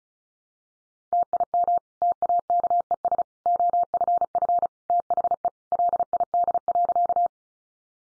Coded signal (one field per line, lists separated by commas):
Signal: Morse code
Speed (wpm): 34 wpm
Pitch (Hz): 700 Hz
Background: none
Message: TIM TAKES OFF THE LID.